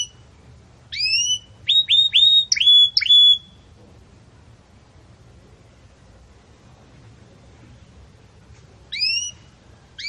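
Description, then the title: Belgian canary singing a short burst of rapid chirps, then a long pause before one more brief phrase. Belgian canary singing a 'campainha' (bell) song style, recorded for tutoring young canary chicks. "Belíssimo Canto Do Canário Belga Campainha Para Encarte De Filhotes"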